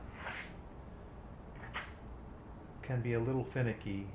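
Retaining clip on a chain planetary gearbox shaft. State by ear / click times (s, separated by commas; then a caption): not seated / none. A retaining clip is handled and lined up on the shaft of a chain planetary gearbox before being pushed home, with brief scraping and rubbing sounds near 0.3 s and 1.8 s. Someone talks from about 2.9 s onward. The clip has not seated or clicked yet.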